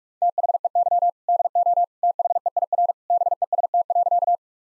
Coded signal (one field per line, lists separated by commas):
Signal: Morse code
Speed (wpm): 46 wpm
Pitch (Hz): 700 Hz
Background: none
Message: THEY DO THEIR BEST.